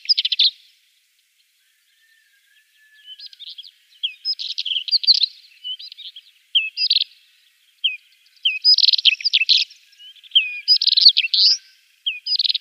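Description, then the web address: Isabelline wheatear singing bursts of scratchy chirps, buzzy notes and short upslurred whistles, with gaps between them. "Schulze Peter Isabelline Wheatear song"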